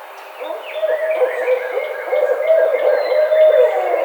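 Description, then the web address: Barred owl making loud, wavering hooting and cackling calls that run almost continuously. Recorded on 4 May 2009. "Barred Owl 2009 05 04"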